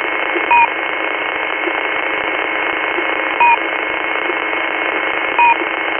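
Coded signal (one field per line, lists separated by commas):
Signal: unidentified radio signal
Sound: steady radio hiss with three short two-tone beeps, seconds apart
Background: radio static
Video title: Intermittent beeping signal at 6429 kHz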